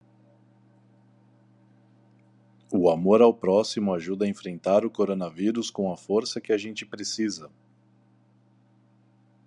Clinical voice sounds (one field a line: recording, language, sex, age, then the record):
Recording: spoken sentence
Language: Brazilian Portuguese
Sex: male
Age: 30 to 39 years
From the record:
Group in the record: control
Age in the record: 35 years